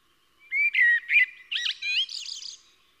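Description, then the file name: Common blackbird song phrase of a few mellow, fluted notes, followed by a quick, scratchy, high-pitched twittering flourish. "Turdus merula"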